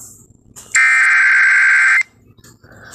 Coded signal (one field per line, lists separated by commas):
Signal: Emergency Alert System (SAME) tones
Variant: header bursts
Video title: EAS #82 Severe Thunderstorm Warning on KALT-FM